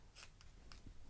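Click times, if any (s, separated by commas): none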